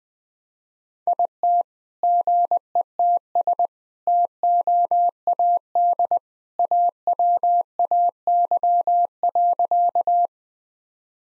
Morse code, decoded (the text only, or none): IT GETS TOAD AWAY.